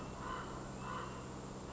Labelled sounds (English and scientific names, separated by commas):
Common Raven (Corvus corax)